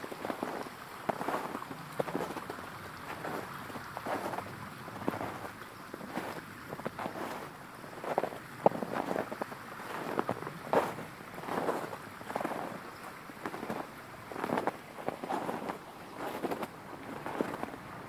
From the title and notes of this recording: Walking in Snow. Take a walk through the snow covered woodlands of Pennsylvania. Hear the crunching of snow underneath boots, the calming sounds of a nearby flowing creek, some birds sounds. This was recorded with binaural in-ear microphones.